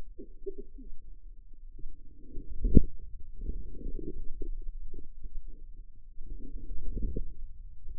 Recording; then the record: forearm muscle sounds (acoustic myography)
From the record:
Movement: wrist flexion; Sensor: system 2, bracelet of six BSWA MPA416 microphones around the upper forearm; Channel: 5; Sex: female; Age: 25 years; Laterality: right